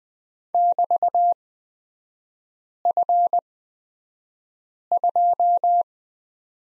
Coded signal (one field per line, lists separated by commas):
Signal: Morse code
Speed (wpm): 20 wpm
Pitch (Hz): 700 Hz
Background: none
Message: <BT>F2